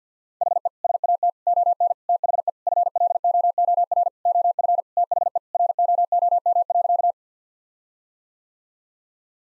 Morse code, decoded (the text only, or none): HE SAT ON THE FLOOR OF THE ROOM.